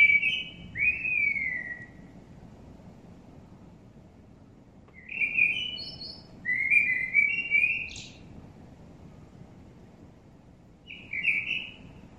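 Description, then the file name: Common blackbird singing three unhurried fluted phrases with gaps of several seconds, the middle one ending in a thin high squeak; gentle background hiss. "Turdus merula"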